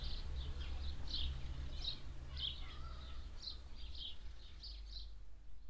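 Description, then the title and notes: Swallow twitters come as short, high chirps in a quick irregular series, while a low engine rumble continues underneath. Two swallows, disturbed by a passing tractor, flying fast and chirping overhead; Munshausen. "A tractor passing by and two disturbed swallows flying fast and chirping close above my head. Munshausen, Traktor, Schwalben. Project - Klangraum Our"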